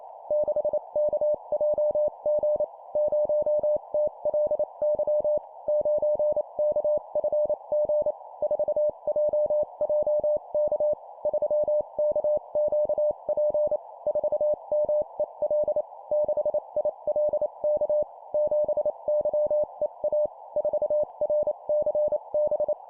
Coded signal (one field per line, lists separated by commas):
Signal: Morse code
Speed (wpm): 28 wpm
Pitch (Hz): 600 Hz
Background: none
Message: 6KJG 0TLY 9KFG 4JJK 3KQP 4MEL 6ILK 7YEA 4RCB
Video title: 25wpm Four letter words number,letter,letter,letter, CW morse code Copy Speed improvement